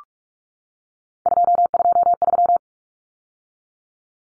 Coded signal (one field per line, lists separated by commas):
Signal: Morse code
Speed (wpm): 44 wpm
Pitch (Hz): 700 Hz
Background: none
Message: 223